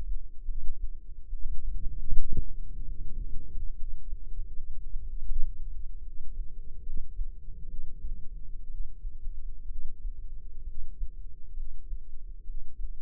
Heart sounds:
heart sounds by microphone in the left ear; 70 bpm
0.44 s: heartbeat
1.29 s: heartbeat
2.12 s: heartbeat
2.84 s: heartbeat
3.75 s: heartbeat
4.49 s: heartbeat
5.25 s: heartbeat
6.02 s: heartbeat
6.83 s: heartbeat
7.65 s: heartbeat
8.67 s: heartbeat
9.65 s: heartbeat
10.63 s: heartbeat
11.53 s: heartbeat
12.44 s: heartbeat
From the record:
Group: healthy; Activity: cold pressor test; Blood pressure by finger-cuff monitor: 135/80 mmHg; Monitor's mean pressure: 98 mmHg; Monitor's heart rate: 72 bpm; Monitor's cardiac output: 6.4 L/min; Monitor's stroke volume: 90 mL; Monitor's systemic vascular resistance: 1090 dyn s/cm5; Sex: female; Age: 22 years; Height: 171 cm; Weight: 65.6 kg

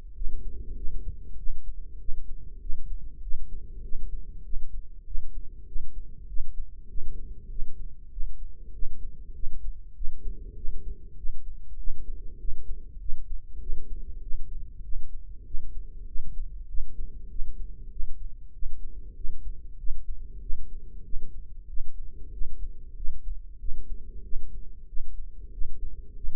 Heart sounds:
heart sounds by microphone in the right ear; 97 bpm
0.16 s: heartbeat
0.77 s: heartbeat
1.39 s: heartbeat
2.01 s: heartbeat
2.62 s: heartbeat
3.23 s: heartbeat
3.84 s: heartbeat
4.45 s: heartbeat
5.07 s: heartbeat
5.68 s: heartbeat
6.29 s: heartbeat
6.90 s: heartbeat
7.51 s: heartbeat
8.12 s: heartbeat
8.74 s: heartbeat
9.35 s: heartbeat
9.96 s: heartbeat
10.57 s: heartbeat
11.18 s: heartbeat
11.79 s: heartbeat
12.40 s: heartbeat
13.01 s: heartbeat
13.61 s: heartbeat
14.23 s: heartbeat
14.84 s: heartbeat
15.46 s: heartbeat
16.08 s: heartbeat
16.69 s: heartbeat
17.30 s: heartbeat
17.92 s: heartbeat
18.54 s: heartbeat
19.17 s: heartbeat
19.79 s: heartbeat
20.42 s: heartbeat
21.05 s: heartbeat
21.69 s: heartbeat
22.33 s: heartbeat
22.97 s: heartbeat
23.60 s: heartbeat
24.24 s: heartbeat
24.88 s: heartbeat
25.53 s: heartbeat
26.16 s: heartbeat
From the record:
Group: healthy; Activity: rest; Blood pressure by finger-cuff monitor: 113/61 mmHg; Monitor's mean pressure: 80 mmHg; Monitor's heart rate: 97 bpm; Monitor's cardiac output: 7.8 L/min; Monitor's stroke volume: 81 mL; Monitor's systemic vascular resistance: 740 dyn s/cm5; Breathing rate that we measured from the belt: 18 breaths a minute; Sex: female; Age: 43 years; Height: 160 cm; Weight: 90 kg

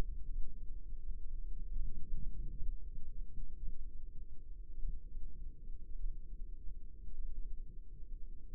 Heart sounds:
heart sounds by microphone in the left ear; 51 bpm
0.25 s: heartbeat
1.41 s: heartbeat
2.56 s: heartbeat
3.57 s: heartbeat
4.79 s: heartbeat
5.95 s: heartbeat
7.14 s: heartbeat
8.49 s: heartbeat
From the record:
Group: healthy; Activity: rest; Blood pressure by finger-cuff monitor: 107/65 mmHg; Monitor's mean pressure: 80 mmHg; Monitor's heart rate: 52 bpm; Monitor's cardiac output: 5.2 L/min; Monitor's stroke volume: 95 mL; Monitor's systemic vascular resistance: 1120 dyn s/cm5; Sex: female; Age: 28 years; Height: 170 cm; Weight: 77 kg

